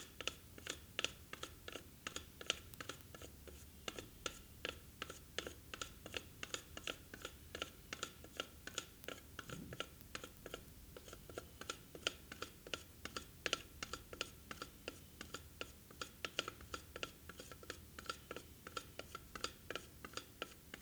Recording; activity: daily activity, guitar pickup as the sensor; fry